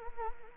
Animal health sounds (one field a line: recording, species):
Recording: mosquito wingbeat signal from an infrared sensor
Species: Anopheles arabiensis